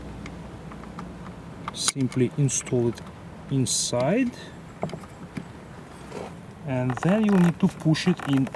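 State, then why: Not seated. On a 2019–2026 Volvo XC40, the door handle release cable is placed inside the door panel's handle holder and lined up before being pushed home. Someone talks while light handling taps and rustles are heard. Nothing has seated or clicked yet.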